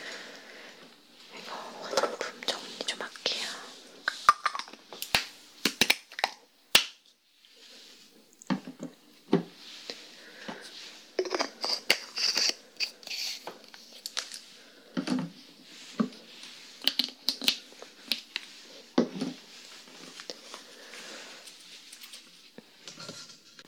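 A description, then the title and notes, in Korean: Scalp massage and hair brushing with shampoo make irregular bursts of scratchy, crackling rustle, broken by sharp clicks and snaps scattered throughout. 토탈케어 F코스 ASMR (샴푸, 스킨케어, 두피마사지, 헤어브러싱).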